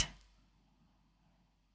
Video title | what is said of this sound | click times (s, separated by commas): New Dollar Tree Holiday Crafts & Product Review | go all the way down until it locks into place and that red button is laying flat | 0.0 s